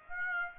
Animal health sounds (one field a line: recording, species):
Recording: mosquito wingbeat signal from an infrared sensor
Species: Aedes aegypti